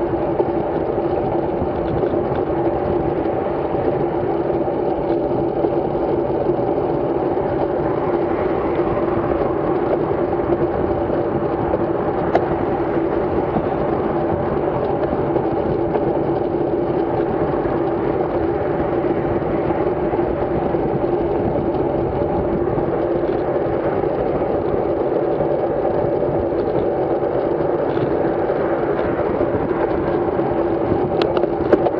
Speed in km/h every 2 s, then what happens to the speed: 28, 32, 35, 31, 29, 32, 33, 32, 32, 36, 32, 29, 34, 34, 38, 39.
0-4 speeds up to 35. 4-23 steady at about 32. 23-32 speeds up to 39.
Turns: none.